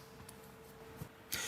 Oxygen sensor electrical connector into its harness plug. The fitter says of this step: if you have a model like I do that's newer you want to go ahead and reconnect your oxygen sensor until it clicks